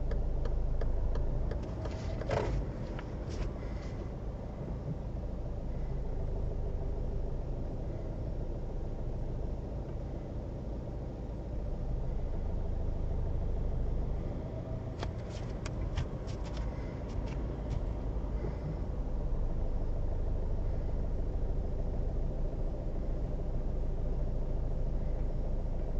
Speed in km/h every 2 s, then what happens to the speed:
0, 0, 0, 0, 0, 0, 0, 0, 0, 0, 1, 1, 0.
0-26 standing.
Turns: none.